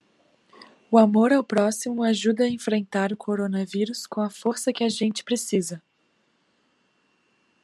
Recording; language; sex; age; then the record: spoken sentence; Brazilian Portuguese; female; 20 to 29 years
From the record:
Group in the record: control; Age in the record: 24 years